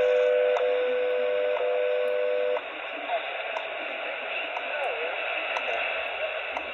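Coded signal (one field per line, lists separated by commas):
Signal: radio time signal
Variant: WWV and WWVH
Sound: steady mid-pitch tone with a click every second, tone stops; ticks continue in hiss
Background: radio static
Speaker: maybe that'll help you listen to her voice better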